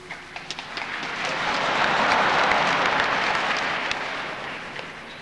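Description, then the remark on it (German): A crowd applauds steadily in the Kreuzkirche church in Dresden during a 1982 peace forum, dense overlapping claps swelling to a full sustained roar before tapering slightly toward the end. “Wenn ihr so viel klatscht, verbrauchen wir zu viel Zeit.”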